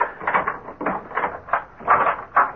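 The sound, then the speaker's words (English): Keys rattle and click in a lock in a quick series of bright metallic bursts as the door to a late scientist's rooms is unlocked, followed by the clunk of the door being opened, with no voices. “Open the door, Boggs. You have the keys?”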